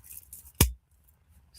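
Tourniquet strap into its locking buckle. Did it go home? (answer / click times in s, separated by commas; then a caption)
yes / 0.6 s. A tourniquet strap is pulled tight and locked into its retaining buckle or clip, giving one sharp, loud snap at 0.6 s with a brief low thump trailing after it. Faint rustling and hiss come before the snap, and near-silence follows. The audible snap confirms the strap is locked in place, a design meant so that it cannot be done wrong.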